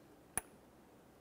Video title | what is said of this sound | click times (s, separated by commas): How to Replace EVAP Emissions Canister Purge Solenoid Valve 2017-2024 GMC Acadia 3.6L V6 | we'll install that wiring harness by pressing it in once again listening for a click from this | 0.4 s